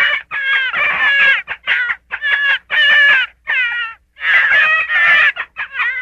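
Gray fox uttering irregular wavering yelps and whines, some drawn out and some clipped short, with short pauses between bursts.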